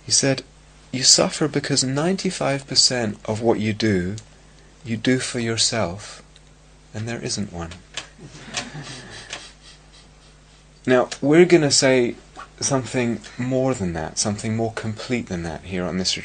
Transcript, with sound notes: He said, "You suffer because 95 per cent of what you do, you do for yourself -- and there isn't one." [laughter] Now, we're going to say something more than that, something more complete than that here on this retreat.